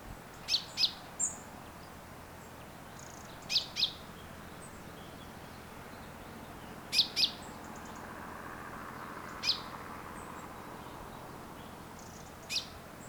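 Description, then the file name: Common chaffinch calls, short sharp high notes in pairs and singles, repeated every few seconds, over background hiss with a faint broad rustle midway. "Fringilla coelebs"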